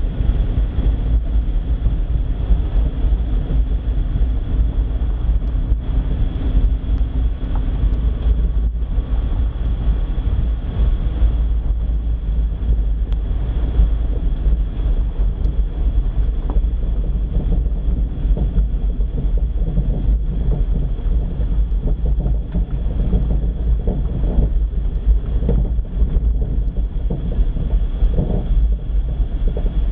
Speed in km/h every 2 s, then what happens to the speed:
33, 32, 32, 32, 31, 29, 28, 26, 24, 22, 21, 20, 18, 18, 17.
0-30 slows to 17.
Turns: none.